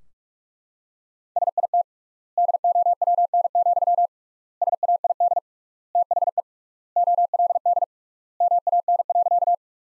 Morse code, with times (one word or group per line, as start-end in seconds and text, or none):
1.4-1.8 SIT
2.4-4.1 DOWN,
4.6-5.4 SAID
6.0-6.4 THE
7.0-7.8 OLD
8.4-9.5 MAN.